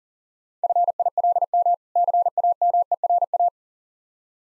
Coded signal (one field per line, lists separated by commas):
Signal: Morse code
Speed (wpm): 40 wpm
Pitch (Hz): 700 Hz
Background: none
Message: FILM CAMERA